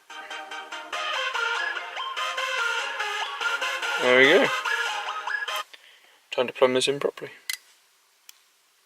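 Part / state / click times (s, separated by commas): wiring harness connector into car stereo wiring / seated / 7.5 s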